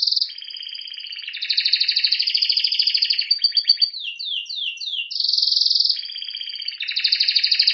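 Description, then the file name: Canary song with long rapid trills, a steady high whistled tone, fast descending sweeps in the middle, then renewed rolling trills. "Canary Voice"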